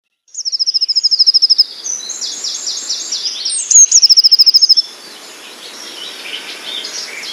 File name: blue tit